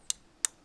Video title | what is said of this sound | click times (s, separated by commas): Morimoto XB Gen 2 Tail Lights for 2009-2018 Dodge Ram - Install + Honest Review | and you can bring that clip down so it's seated and it's locked now and then right here | 0.1 s, 0.5 s